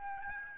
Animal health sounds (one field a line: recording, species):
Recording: mosquito wingbeat signal from an infrared sensor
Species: Aedes albopictus